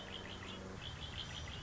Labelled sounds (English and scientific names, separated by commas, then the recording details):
Red-winged Blackbird (Agelaius phoeniceus)
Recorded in Sonoma County, California